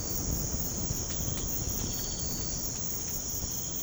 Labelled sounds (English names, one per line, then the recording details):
none
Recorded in pastures near Puerto Asís, Putumayo, Colombia, on 19 March 2025 at 03:30
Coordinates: 0.505, -76.324
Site GP08